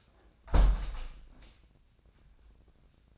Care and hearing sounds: daily activity, microphone in the room; close window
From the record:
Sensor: 2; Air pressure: 1012.1 hPa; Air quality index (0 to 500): 84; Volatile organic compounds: 1 ppm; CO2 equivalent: 660 ppm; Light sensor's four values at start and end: 176/419/179/188 and 174/415/176/184

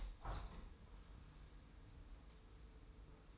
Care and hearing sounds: daily activity, microphone in the room; open window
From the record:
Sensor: 1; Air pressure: 990.4 hPa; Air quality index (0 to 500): 162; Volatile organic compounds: 1000 ppm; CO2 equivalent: 5882 ppm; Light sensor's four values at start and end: 20/45/19/21 and 21/47/20/22

